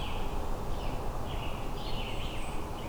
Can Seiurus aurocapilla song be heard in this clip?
no